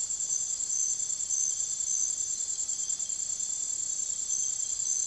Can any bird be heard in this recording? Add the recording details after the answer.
no. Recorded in secondary vegetation near Puerto Asís, Putumayo, Colombia, on 24 June 2025 at 05:00. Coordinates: 0.489, -76.322. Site G021